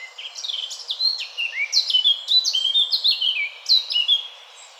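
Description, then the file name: Eurasian blackcap singing a continuous warbling phrase of quick, clear whistled notes that swoop and slur, bright and high, fading out at the end. "Sylvia atricapilla"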